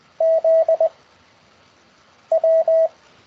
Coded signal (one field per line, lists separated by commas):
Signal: Morse code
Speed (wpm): 20 wpm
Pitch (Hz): 650 Hz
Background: radio noise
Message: Z W